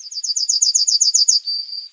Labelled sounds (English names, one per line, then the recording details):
Yellowhammer song
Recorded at under 5 m from the bird
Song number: 163